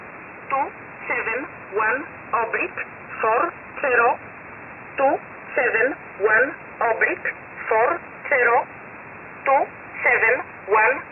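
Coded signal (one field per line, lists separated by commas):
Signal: numbers station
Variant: E11 Oblique, English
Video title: 10 11 2021 Number station E11 Oblique in English to Eu 0930 on 7469 unknown tx site in USB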